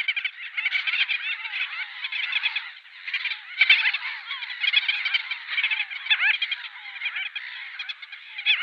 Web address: Schulze Peter Gull-billed Tern